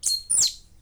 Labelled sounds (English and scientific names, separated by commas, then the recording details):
Stitchbird (Notiomystis cincta) song
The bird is a male
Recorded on Tiritiri Matangi Island, New Zealand, in 2005
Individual 2, of nest box 2